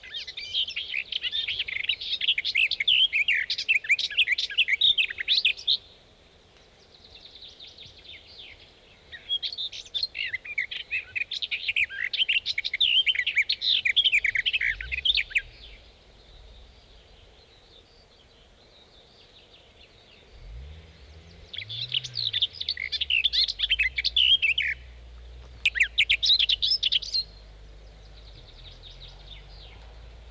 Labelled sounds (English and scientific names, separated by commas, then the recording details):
Garden Warbler (Sylvia borin) song
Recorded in the wild
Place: Clausthal-Zellerfeld, Niedersachsen, DE
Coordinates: 51.78, 10.33
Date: 1986-06-16
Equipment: Sony WM-D6C, Parabolscheibe
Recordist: Skiba, Reinald